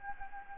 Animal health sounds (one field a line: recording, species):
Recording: mosquito wingbeat signal from an infrared sensor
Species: Anopheles gambiae